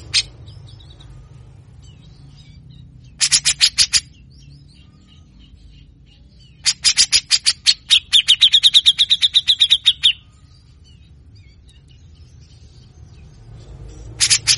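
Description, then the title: Grey-cheeked bulbul song in repeated bursts of coarse, buzzy notes, one burst stretching into a longer rapid trill before a pause and a fresh harsh burst. Training song for cage birds; bird in full constant song (gacor) with harsh rasping phrases (besetan kasar) and ngepik, mbeset and ngetril song styles. "MASTERAN CUCAK JENGGOT GACOR FULL BESETAN KASAR DURASI PANJANG !!!. Masteran Cucak jenggot ngepik mbeset Ngetril"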